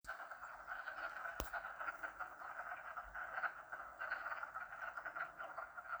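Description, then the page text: Wood frog chorus, many short hoarse clucking croaks overlapping without pause, with one sharp click near the start. Recorded in Maryland. "Wood Frog by Mike"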